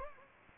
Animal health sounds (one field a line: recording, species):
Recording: mosquito wingbeat signal from an infrared sensor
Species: Anopheles gambiae